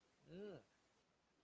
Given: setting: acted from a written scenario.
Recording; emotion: vocal sound without words; confusion